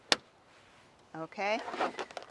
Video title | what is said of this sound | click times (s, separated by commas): How To Check Tire Tread Depth, Tire Pressure & TOP Up Fluids! | close it listen for the click okay | 0.1 s